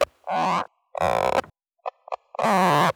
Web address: Common Spade Foot Toad